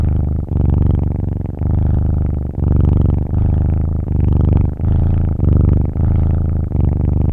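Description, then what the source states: Cat purring, a deep rumbling vibration in steady rhythmic cycles with brief dips between them. Kitten purring.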